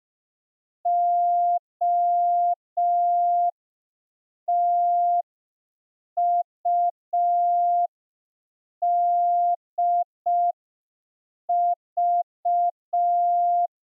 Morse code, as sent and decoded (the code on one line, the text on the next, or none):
--- - ..- -.. ...-
OTUDV